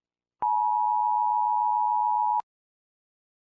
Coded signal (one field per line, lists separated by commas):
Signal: Emergency Alert System (SAME) tones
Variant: 853 and 960 Hz attention tone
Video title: EAS: The Lepidodendron